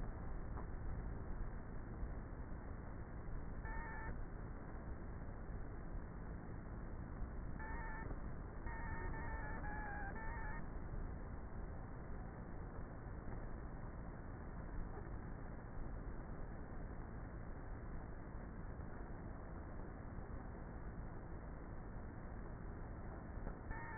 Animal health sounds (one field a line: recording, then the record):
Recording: honeybee colony, microphone inside the hive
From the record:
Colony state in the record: queenless with a low population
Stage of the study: before two queens were removed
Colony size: about 30,000 bees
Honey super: no